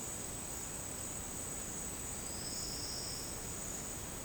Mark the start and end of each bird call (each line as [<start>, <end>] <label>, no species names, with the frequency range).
[2.29, 3.48] bird call (3.8-6.3 kHz)